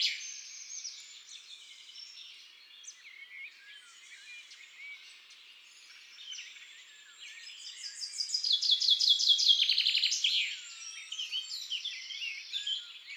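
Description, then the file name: Common chaffinch song: a bright trill of rapid repeated notes, loudest in the second half, amid a continuous chorus of other birds. In woods and forests. "Pinson des arbres Chants doiseaux des bois et des forets"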